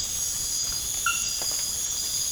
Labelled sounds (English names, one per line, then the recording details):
none
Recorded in pastures near Puerto Asís, Putumayo, Colombia, on 30 June 2025 at 23:30
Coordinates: 0.466, -76.322
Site GP07